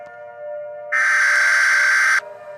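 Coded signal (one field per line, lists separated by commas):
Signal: Emergency Alert System (SAME) tones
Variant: header bursts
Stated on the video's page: Fictional EAS scenario about an eggdog invasion, not a real alert.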